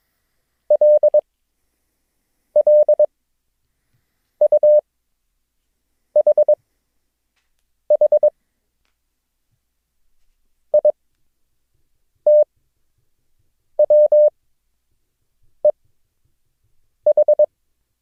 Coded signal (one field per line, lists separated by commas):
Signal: Morse code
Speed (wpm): 22 wpm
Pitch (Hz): 600 Hz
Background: none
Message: LLUHH ITWEH